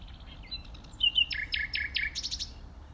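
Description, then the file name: Common nightingale song phrase: a few thin whistles, then a run of loud, repeated, clipped notes ending in high, buzzy elements, over faint low background hiss. "Luscinia megarhynchos"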